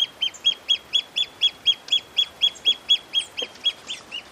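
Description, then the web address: Pearl kite calling: a rapid, steady series of high, sharp notes, slightly fading toward the end. "Pearl kite. کورکور-مرواریدی"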